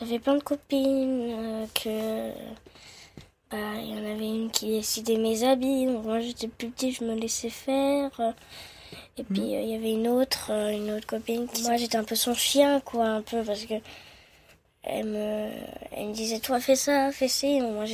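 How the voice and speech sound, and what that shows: A 9-year-old girl in her third year of primary school tells a story in French at a quick, lively pace, with occasional disfluencies: a sound stretched for over a second, some drawn-out syllables, and repeated words and phrases. These are mild, residual stuttering moments in otherwise mostly fluent speech. She stuttered heavily when younger and has had speech therapy; it is now much reduced but still comes back sometimes.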